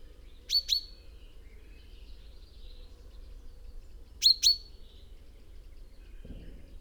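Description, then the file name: Common chaffinch calls: two short, sharp notes given twice, several seconds apart, over soft background hiss and a low thump near the end. "Fringilla coelebs"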